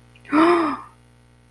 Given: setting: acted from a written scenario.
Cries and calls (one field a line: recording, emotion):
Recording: vocal sound without words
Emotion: negative surprise